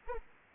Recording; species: mosquito wingbeat signal from an infrared sensor; Anopheles arabiensis